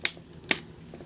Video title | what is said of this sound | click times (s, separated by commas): Voltron: Action Toys ES Gokin Lion Force | Yes, it clicked. It was like a very satisfying click too. | 0.1 s, 0.5 s